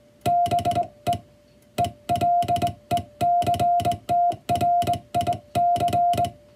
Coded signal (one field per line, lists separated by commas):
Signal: Morse code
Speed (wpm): 21 wpm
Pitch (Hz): 700 Hz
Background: music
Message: BE ELECTRIC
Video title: 【欧文モールス符号】第１級総合無線通信士の電気通信術の送信試験は５分間です。５分間で何字送信できるのか挑戦してみました。(training for radio operator)